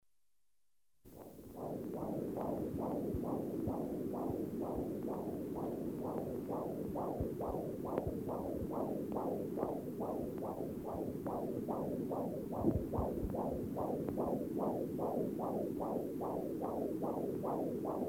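A fetal heartbeat picked up by a Doppler monitor: a steady train of rhythmic, whooshing pulses.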